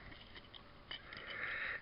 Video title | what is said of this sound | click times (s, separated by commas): Transformers Earthrise Bluestreak | it should snap into place just like that | 0.9 s